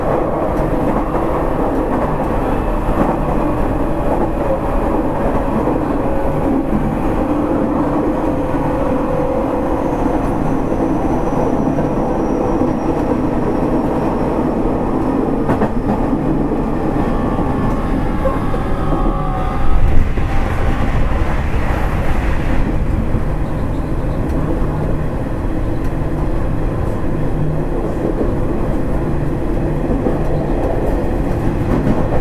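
A Nishitetsu 3000 series train runs with a steady, dense rumble that stays low and heavy throughout. Faint whining tones slide downward across the first twenty seconds, and around the twentieth second a brief louder rattling burst rises before the even roar resumes.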